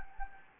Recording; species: mosquito wingbeat signal from an infrared sensor; Anopheles gambiae